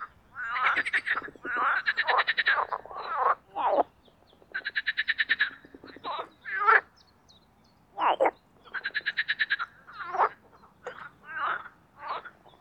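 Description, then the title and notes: Marsh frogs trading fast rattling trills and laughing croaks, several bursts with short gaps between them. Marsh frogs (Pelophylax ridibundus) in a spring mating chorus in an artificial boating pond, Parc Chédeville, Oise, after a cold night. "au Parc Chédeville dans l'Oise. des grenouilles rieuses"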